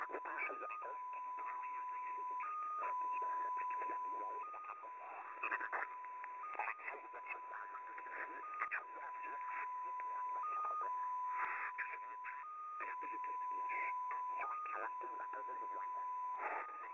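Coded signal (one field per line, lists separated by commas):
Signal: multi-tone FSK (Olivia or MFSK type)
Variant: XPA2 14-tone MFSK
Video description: XPA2 is a digital mode of the Russian 7 operator. It utilizes a custom 14-tone MFSK system.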